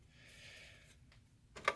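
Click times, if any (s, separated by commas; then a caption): 1.7 s. A new 12 V DC coil relay is pressed onto the DIN mounting rail in a duct heater control panel. After a quiet stretch of faint handling with a small tap near 1.1 s, a brief rustle leads into a sharp, short click at 1.7 s as the relay snaps into place, seated on the rail.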